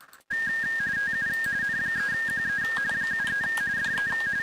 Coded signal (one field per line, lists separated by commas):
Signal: RTTY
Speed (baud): 45.45 baud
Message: TU N3QE 73 DE